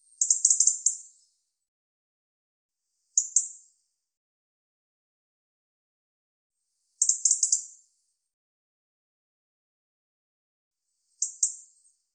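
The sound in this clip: European robin calls: short bursts of high, scratchy, chattering notes, four groups spaced several seconds apart, with silence between them.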